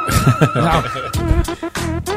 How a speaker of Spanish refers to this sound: ¿A qué te suena, Raúl? Esto es... Es el móvil de Carlos.